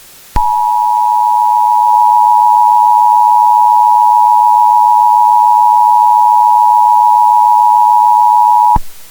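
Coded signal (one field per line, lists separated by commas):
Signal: Emergency Alert System (SAME) tones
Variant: 853 and 960 Hz attention tone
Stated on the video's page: Fictional mock nuclear attack EAS scenario.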